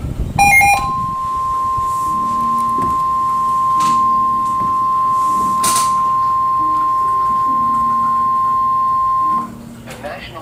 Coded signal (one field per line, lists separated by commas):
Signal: Emergency Alert System (SAME) tones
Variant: 1050 Hz attention tone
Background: speech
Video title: 4 Emergency Alert System captures from 4/30/2022 (TOR x1, SVR x1, SMW x2) KZZ81 Lockport